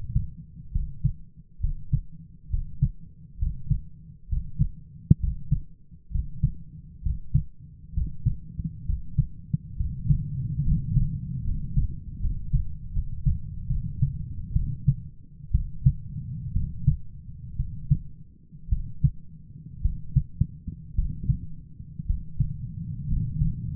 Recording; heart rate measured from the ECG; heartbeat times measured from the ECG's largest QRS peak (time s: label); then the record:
heart sounds by stethoscope; 64 bpm
0.72 s: heartbeat
1.60 s: heartbeat
2.50 s: heartbeat
3.38 s: heartbeat
4.28 s: heartbeat
5.19 s: heartbeat
6.11 s: heartbeat
7.02 s: heartbeat
7.93 s: heartbeat
8.85 s: heartbeat
9.76 s: heartbeat
10.63 s: heartbeat
11.43 s: heartbeat
12.19 s: heartbeat
12.91 s: heartbeat
13.67 s: heartbeat
14.53 s: heartbeat
15.51 s: heartbeat
16.53 s: heartbeat
17.56 s: heartbeat
18.69 s: heartbeat
19.81 s: heartbeat
20.95 s: heartbeat
22.06 s: heartbeat
23.08 s: heartbeat
From the record:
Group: healthy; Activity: rest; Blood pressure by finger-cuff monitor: 118/72 mmHg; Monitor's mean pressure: 85 mmHg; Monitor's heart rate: 66 bpm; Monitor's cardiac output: 6.9 L/min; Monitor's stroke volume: 105 mL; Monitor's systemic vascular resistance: 910 dyn s/cm5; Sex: male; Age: 23 years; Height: 178 cm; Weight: 96.6 kg